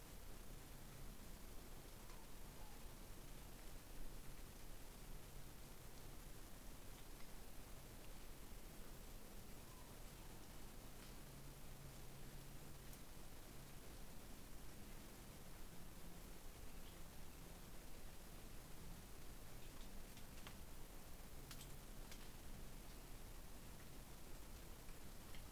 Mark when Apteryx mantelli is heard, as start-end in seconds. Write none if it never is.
none